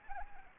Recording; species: mosquito wingbeat signal from an infrared sensor; Anopheles arabiensis